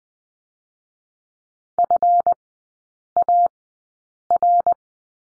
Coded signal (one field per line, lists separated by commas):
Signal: Morse code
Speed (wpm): 20 wpm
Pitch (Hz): 700 Hz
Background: none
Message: FAR